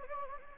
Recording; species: mosquito wingbeat signal from an infrared sensor; Anopheles gambiae